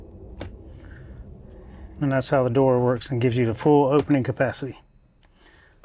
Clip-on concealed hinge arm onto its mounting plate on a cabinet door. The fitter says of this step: you put that on and then those pop into place